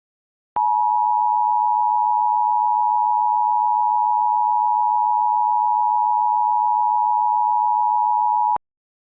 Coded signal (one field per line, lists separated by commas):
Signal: Emergency Alert System (SAME) tones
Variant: 853 and 960 Hz attention tone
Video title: EAS mock - Tornado Emergency in Michigan